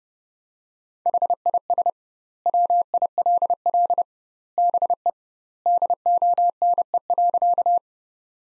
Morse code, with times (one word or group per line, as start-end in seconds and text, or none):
1.1-1.9 HIS
2.5-4.0 WILL
4.6-5.1 BE
5.7-7.8 DONE.